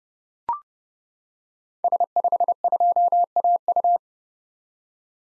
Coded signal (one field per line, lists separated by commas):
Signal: Morse code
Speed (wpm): 30 wpm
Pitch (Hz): 700 Hz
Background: none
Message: S52AU